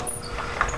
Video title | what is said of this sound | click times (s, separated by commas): Barnett Quad 400 Crossbow Review | this is you'll hear it click twice | 0.6 s